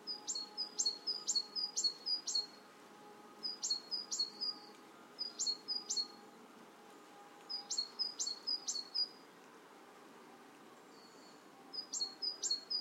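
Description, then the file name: Great tit repeating high, ringing two-note phrases in several runs, about two per second, with brief pauses between runs and faint background hiss. "Parus major"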